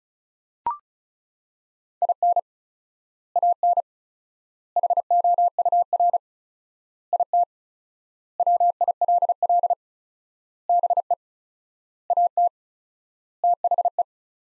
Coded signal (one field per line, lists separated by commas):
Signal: Morse code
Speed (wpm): 36 wpm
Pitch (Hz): 700 Hz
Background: none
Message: IN AN HOUR IT WILL BE AT THE